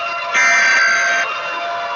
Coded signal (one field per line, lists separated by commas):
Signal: Emergency Alert System (SAME) tones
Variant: header bursts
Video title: EAS scenario: selever.exe mid fight masses crew's revenge